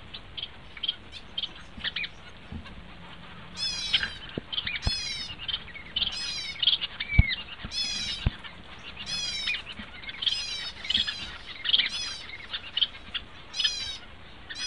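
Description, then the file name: Double-barred finch producing a run of nasal, buzzy drawn-out notes, repeated over and over, mixed with soft chirps and occasional sharp knocks. "suara owlfinch omkicau"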